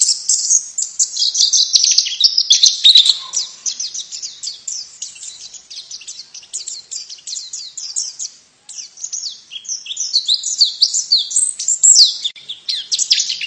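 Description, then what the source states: White-eye calls: a dense, high twittering stream of quick thin chirps that runs almost without pause, thinning for several seconds midway before picking up again. Female bird.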